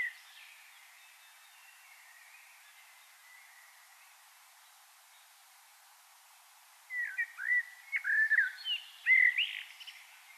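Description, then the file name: Common blackbird song: a faint phrase, a quiet hiss-filled stretch, then short fluty, warbled notes with a few squeaky twitters near the end. "Turdus merula"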